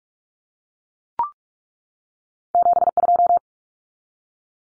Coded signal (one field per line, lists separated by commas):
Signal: Morse code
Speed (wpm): 44 wpm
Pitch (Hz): 700 Hz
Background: none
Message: 72